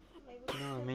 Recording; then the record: coughing mixed with background sound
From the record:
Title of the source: 34 coughing up crap again